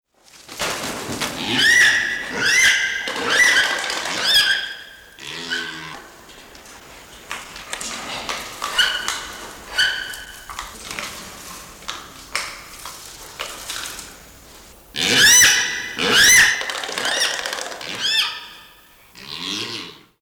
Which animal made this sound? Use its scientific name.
Leptoptilos crumenifer